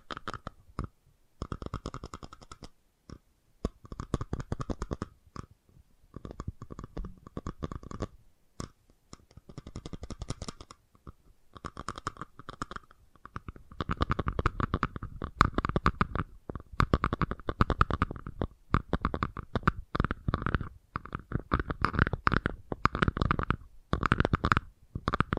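Fast tapping runs in quick bursts of sharp clicks, separated by brief pauses early on and becoming denser and louder from about 12 seconds. Each burst is a rapid, uneven rattle with a dull low thud under crisp taps.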